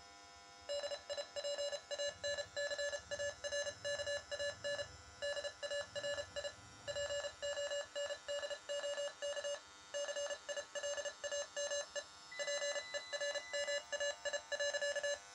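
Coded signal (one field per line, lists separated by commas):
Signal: Morse code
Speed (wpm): 33 wpm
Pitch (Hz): 580 Hz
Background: none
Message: DIPANCARKAN DARI PONDOK CILAME PERMAI.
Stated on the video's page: Morse generated by a VB6 software encoder and transmitted on an AM radio transmitter.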